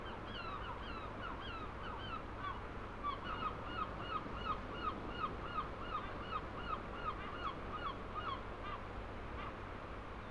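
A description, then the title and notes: A steady low wash of water fills a harbour at night, with a faint constant hum underneath. Over it, a dense chorus of honking, goose-like bird calls repeats rapidly and fairly evenly, growing busier after about three seconds and continuing to the end. Fishing village harbour at night. From here, steep up a winding path above the harbour, the ocean waves crash onto the ancient seawalls of St Abbs on the east coast of Scotland, in full spatial detail. Swirling currents of bouncing swell, softened by less than a hundred yards, into a rich textured white noise emulsion.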